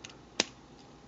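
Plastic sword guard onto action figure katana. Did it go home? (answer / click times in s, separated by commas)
yes / 0.4 s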